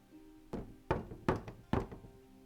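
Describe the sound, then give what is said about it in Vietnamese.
Four or five dull knocks on a door in an uneven rhythm, solid and fairly loud, with a faint low hum underneath and no voices. “Hàn Phi không biết mình ngủ được bao lâu thì bên ngoài truyền đến tiếng gõ cửa.”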